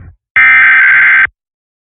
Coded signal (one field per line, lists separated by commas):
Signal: Emergency Alert System (SAME) tones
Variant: header bursts